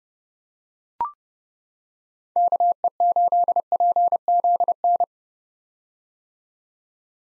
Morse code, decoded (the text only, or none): KE8PZN